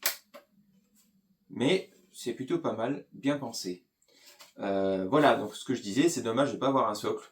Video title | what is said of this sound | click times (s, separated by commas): Star Wars : Le T-6 Shuttle d’Ahsoka est TROP STYLÉ ! (Micro Galaxy Squadron) | voyez, il faut un peu forcer et entendre le petit clic quand c'est enclenché, | 0.1 s